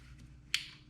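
A wiring harness electrical connector is pushed back onto the ignition coil pack of a Subaru EJ-engine WRX/STI during a spark plug change. A single sharp click sounds at 0.5 s over a low steady hum as the connector seats and clicks in.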